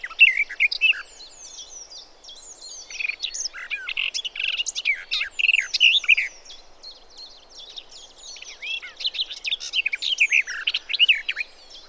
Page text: Голоса живой природы(Tony Whitehead) - Славка садовая. Tony Whitehead - Садовая славка (Sylvia borin)